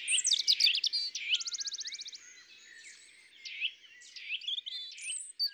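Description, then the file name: European robin song opening with loud sweet warbled notes, then a rapid rattling trill of even repeated notes, followed by scattered high thin whistles and brief twitters. "Rougegorge familier ABC des chants doiseaux"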